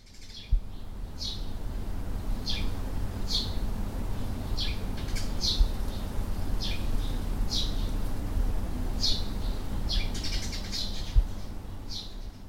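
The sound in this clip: Bird chirps: short, high notes repeated irregularly over a steady low rumble, with occasional thumps.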